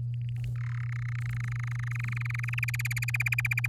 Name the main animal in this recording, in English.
Domestic Canary